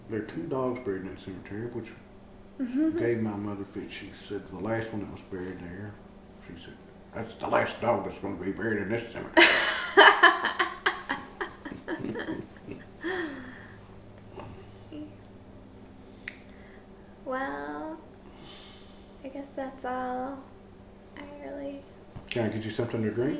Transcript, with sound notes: There are two dogs buried at the cemetery which gave my mother a fit, she said the last one that was buried there, she said, “That’s the last dog that’s going to be buried in this cemetery!” [laughter]
Well, I guess that’s all I really...
Can I get you something to drink?